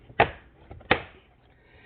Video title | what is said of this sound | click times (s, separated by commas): How to replace an interior door lever/handle on a Nissan Altima. 2013-2016. Episode 7 | Take that, lock it into place, | 0.2 s, 0.9 s